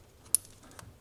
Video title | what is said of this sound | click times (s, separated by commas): VLOG 658: wiring repair on the bounder! | and click into place it goes did you hear that | 0.3 s